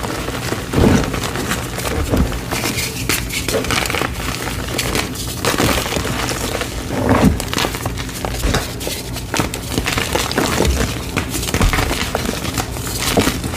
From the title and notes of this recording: Colorful Dyed Gym Chalk Throwbacks! Satisfying Gym Chalk Crushing ASMR. Colorful dyed gym chalk crushing.